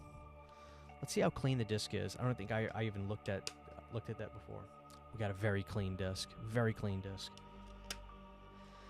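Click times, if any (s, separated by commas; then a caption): 7.9 s. A DVD disc, checked and found very clean, is pressed back onto the plastic centre hub of its DVD case while someone talks over a low hum. A short, sharp click at 7.9 seconds marks the disc snapping into place, seated on the hub.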